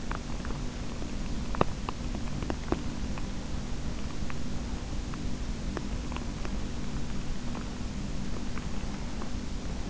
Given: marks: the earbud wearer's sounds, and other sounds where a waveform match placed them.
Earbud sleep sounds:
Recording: sounds in sleep by an in-ear microphone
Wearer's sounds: teeth grinding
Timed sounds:
0.00-3.14 s: teeth grinding

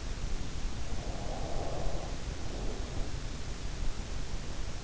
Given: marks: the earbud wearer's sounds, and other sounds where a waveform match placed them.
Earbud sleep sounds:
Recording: sounds in sleep by an in-ear microphone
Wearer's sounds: breath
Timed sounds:
0.70-3.90 s: breath

